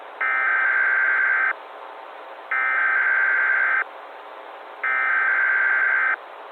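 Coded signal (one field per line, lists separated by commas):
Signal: Emergency Alert System (SAME) tones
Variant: header bursts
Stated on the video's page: Fictional analog-horror EAS scenario with valid EAS tones, made with Capcut, Pixilr, eSpeak and Audacity.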